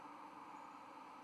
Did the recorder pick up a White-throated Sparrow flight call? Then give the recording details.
no. No flight call is heard. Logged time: 04:01 on 5 November 2014